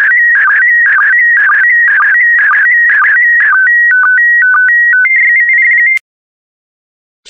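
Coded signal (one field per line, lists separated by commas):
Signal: SSTV (slow-scan television)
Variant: PD120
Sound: warbling tone with regular blips, then stepped beeping header tones, then silence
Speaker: the next image transmission will start in 10 seconds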